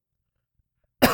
Sick man coughing.